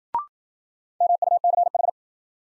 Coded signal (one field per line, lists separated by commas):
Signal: Morse code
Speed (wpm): 53 wpm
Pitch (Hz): 700 Hz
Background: none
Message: MUCH